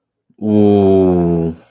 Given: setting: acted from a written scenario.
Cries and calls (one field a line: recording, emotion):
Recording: vocal sound without words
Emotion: adoration